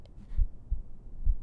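Soft, muffled low thumps in a lub-dub pattern, with about two full beats in under a second and a half, a rate near 65 a minute. A steady, quiet adult heartbeat heard up close, used as a calming background sound.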